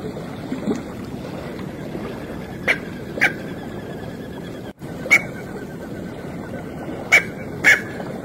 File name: Canto do merganso pequeno